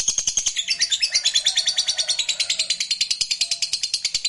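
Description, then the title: Lovebird giving a continuous fast chattering trill, dense high pulsed notes repeated evenly for the whole stretch. Fighter lovebird performing ngekek panjang, a long trill. "Suara Lovebird FIGHTER NGEKEK PANJANG"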